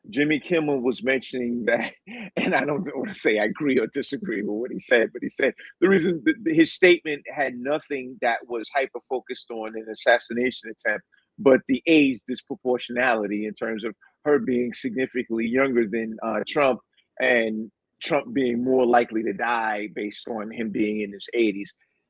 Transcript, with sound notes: Jimmy Kimmel was mentioning that (laughs) , and I don't know what to say, I agree or disagree with what he said, but he said the reason that the, his statement had nothing that was hyper-focused on an assassination attempt, but the age disproportionality in terms of her being significantly younger than, uh, Trump, and Trump being more likely to die based on him being in his 80s.